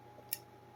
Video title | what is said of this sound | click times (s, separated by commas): Let's Rip Out Another MoonSwatch Movement and put it in a Metal Case!! | There we go. That clicks into place. | 0.3 s